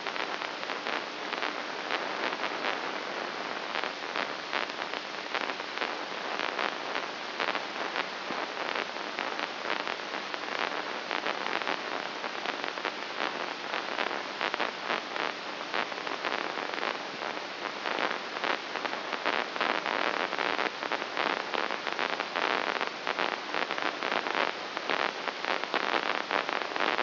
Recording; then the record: brain microelectrode recording played as sound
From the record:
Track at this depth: inside the subthalamic nucleus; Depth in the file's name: 3.818 mm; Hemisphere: left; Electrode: 2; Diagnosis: Parkinson's disease